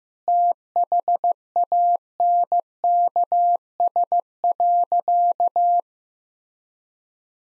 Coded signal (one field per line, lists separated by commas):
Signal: Morse code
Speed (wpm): 15 wpm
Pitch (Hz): 700 Hz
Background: none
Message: THANKS.